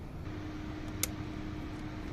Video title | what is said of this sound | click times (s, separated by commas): Como cambiar los conectores de los inyectores en un nissan platina o renault clio 1.6 manual o auto | Listo. Aquí ya escuchamos el click, ya entró correctamente | 1.0 s